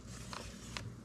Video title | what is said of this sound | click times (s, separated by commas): Remove Crumbs and Dirt Under the Keys of a Dell Precision Laptop in Under 3 Minutes with No Tools | the one down here by the page down key you could hear it snap in | 0.8 s